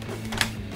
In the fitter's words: bam, that locks into place.